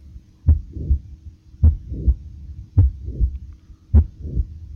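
Four slow, fairly regular heartbeats at about 52 a minute in an adult, heard by stethoscope, each with a sharp first sound, then a short, rough systolic murmur before the second sound. Mitral valve prolapse (Barlow's syndrome, click-murmur syndrome): the valve bulges back in systole, giving a click and a leaking murmur.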